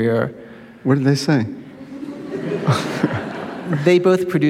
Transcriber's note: laughter